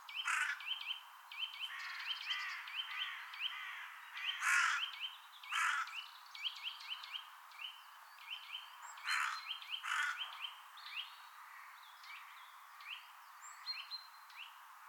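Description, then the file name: Eurasian nuthatch, calling repeatedly: whistled notes run in quick series, broken by several harsh, broad rasping bursts. "Sitta europaea"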